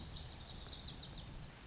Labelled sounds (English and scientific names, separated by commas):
Lazuli Bunting (Passerina amoena)